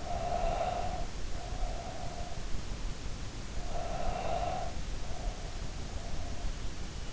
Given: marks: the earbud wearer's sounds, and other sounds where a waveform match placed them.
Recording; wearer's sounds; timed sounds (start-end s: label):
sounds in sleep by an in-ear microphone; breath
0.00-2.78 s: breath
3.52-6.22 s: breath